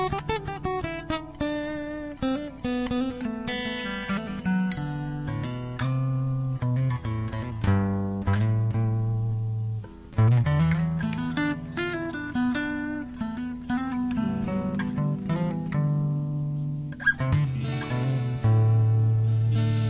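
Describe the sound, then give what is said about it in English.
An electric guitar plays a steady stream of notes and sustained chords with a reverb effect, the tones ringing and blending together over twenty seconds at a fairly even, moderate loudness. “Ça va bien sur un solo, mais pas sur un accompagnement. J'ai juste de la reverb, là.”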